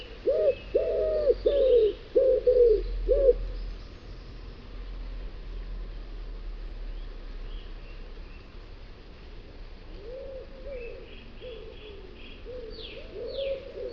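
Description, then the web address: Common wood pigeon cooing: a burst of soft coos opens, followed by a quiet pause, then fainter coos resume alongside brief high chirps of other birds. "cianscape. Deverinetal"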